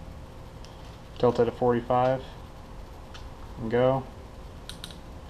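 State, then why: Seated. A .223 Remington/5.56x45mm NATO brass cartridge case is held in a hand priming tool, tilted at 45 degrees, and the lever is squeezed to press a metal rifle primer into the case's primer pocket while someone talks. Sharp clicks sound at 4.7, 4.8 and 4.9 seconds as the primer seats, the few clicks showing it has gone in properly.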